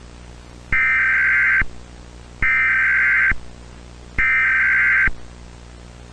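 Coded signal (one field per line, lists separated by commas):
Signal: Emergency Alert System (SAME) tones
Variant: header bursts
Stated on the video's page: Fictional EAS scenario, simulated alert.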